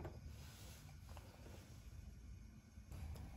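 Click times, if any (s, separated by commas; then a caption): none. The brass nut from an old float valve is tried on a new brass float valve body in a cold water tank, but it will not thread on because the thread is slightly cross-threaded. Over a low steady rumble, a few faint short knocks are heard, the clearest around 1.2 seconds. Nothing has seated or clicked yet.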